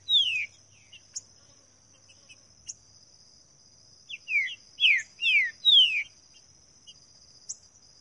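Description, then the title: Green-winged saltator song: a loud falling whistle at the start, then a quick phrase of loud, falling whistled notes in the middle, with a constant high-pitched hum behind. Singing in the bush; recording meant to warm up a kept bird into singing. "Canto De Trinca Ferro Voz 08. TRINCA FERRO CANTANDO NO MATO"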